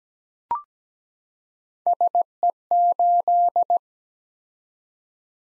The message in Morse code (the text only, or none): SE8